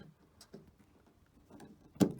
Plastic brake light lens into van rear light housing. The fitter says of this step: duw hem zachtjes aan en moet dan gewoon op zijn plaats klikken